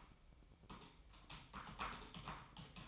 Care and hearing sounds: daily activity, microphone in the room; typing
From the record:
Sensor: 1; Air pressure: 1007.6 hPa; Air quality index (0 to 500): 79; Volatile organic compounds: 1 ppm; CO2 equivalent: 685 ppm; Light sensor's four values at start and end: 11/27/11/12 and 11/27/11/12

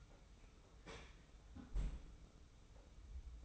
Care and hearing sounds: daily activity, microphone in the room; close fridge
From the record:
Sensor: 1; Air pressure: 991.0 hPa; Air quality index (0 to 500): 110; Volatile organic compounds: 108 ppm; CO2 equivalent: 3808 ppm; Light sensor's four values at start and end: 23/55/23/25 and 23/55/23/25

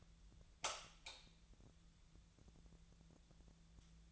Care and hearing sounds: daily activity, microphone in the room; light on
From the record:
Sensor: 3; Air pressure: 1000.0 hPa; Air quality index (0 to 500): 125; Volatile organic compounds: 2 ppm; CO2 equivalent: 1116 ppm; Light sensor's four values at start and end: 29/74/31/34 and 31/83/34/37

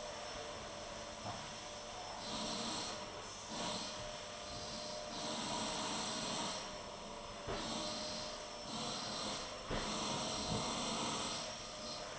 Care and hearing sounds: daily activity, microphone in the room; vacuum cleaning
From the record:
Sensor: 4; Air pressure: 1010.4 hPa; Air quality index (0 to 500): 179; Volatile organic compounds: 5 ppm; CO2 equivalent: 1813 ppm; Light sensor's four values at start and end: 33/98/38/38 and 33/98/38/38

